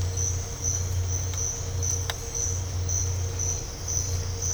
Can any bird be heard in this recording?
no